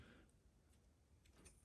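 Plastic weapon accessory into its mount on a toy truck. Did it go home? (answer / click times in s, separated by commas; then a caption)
no / none. A plastic weapon accessory is lined up by its notches against its mount on a toy truck playset, giving faint, quiet handling sounds and a couple of light plastic ticks near 1.3 and 1.5 seconds. This is only the alignment before the push home, and nothing has seated or clicked yet.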